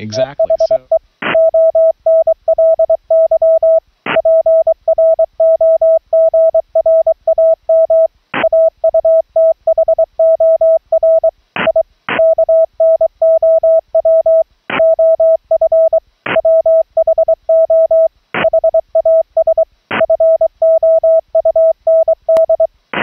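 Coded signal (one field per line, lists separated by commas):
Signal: Morse code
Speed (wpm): 23 wpm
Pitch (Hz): 650 Hz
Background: speech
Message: E HE ONLY PROGRAM AUTHOR I KNOW OF WHO HAS FOUND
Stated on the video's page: CW audio sent from a remote laptop over a low-latency wired LAN audio-over-IP link, heard from the rig's transmit monitor.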